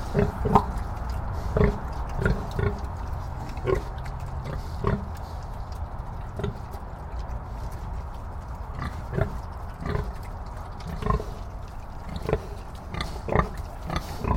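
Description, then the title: Pig grunting in short, low bursts at irregular intervals over a steady low rumble. "Pig Vocalizations"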